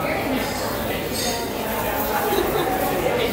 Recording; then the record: background sound without coughing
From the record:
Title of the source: 40 min - Ambience sounds UNIVERSITY lunchroom chatting